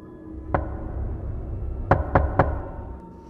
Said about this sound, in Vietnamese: Người đàn bà lại lo do trở về giường, vừa đặt lưng nằm xuống thì tiếng gõ cửa lại vang lên. Lần này lớn hơn, gấp gáp hơn.